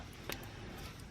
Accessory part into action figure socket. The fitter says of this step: and there go I think that locks in place